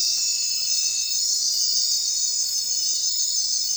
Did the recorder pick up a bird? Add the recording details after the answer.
no. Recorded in secondary vegetation near Puerto Asís, Putumayo, Colombia, on 23 June 2025 at 22:30. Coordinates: 0.499, -76.323. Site G077